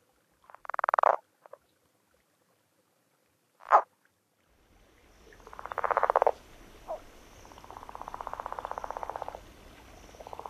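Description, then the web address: Chiricahua leopard frog sounds: a few short isolated croaks after silence, then background hiss and rattling pulsed snore-like calls of about one to two seconds each. "Songs of Frogs Toads of North America. Chiricahua Leopard Frog"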